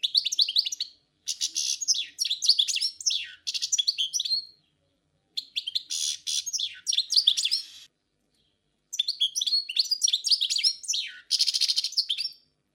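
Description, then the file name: Song Thrush song: long runs of loud, varied whistles and scratchy notes in repeated phrases, broken by a few short gaps. Forest songbird singing. "Pevchie pticy lesa - CSHegol"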